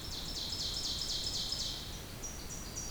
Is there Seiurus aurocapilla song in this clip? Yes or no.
yes